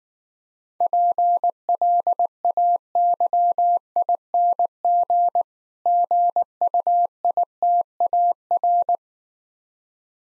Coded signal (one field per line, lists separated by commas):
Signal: Morse code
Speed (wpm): 19 wpm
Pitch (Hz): 700 Hz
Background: none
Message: PLAYING GUITAR